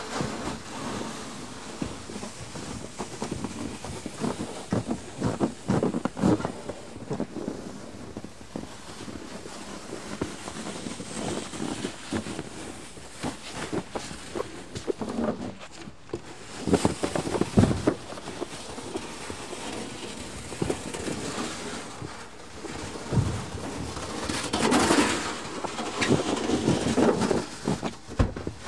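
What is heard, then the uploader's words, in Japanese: Snow being cleared: irregular scraping and shoveling with rough rustling throughout, heavier thuds and slides near six, seventeen and twenty-five seconds. 湯治場ラジオ 雪下ろしASMR。村井六助さんでの雪下ろしの音を配信します。会話はありません。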